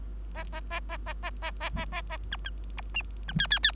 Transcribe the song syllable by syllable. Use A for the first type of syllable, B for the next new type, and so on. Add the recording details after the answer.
A A A A A A A A A A A B C D B E E E. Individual Bird3